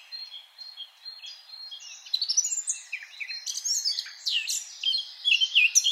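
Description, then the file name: Eurasian blackcap song that starts with soft, thin notes and builds into a loud, fast jumble of scratchy and fluty warbles. "Sylvia atricapilla"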